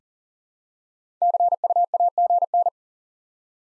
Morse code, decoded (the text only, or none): CU AGN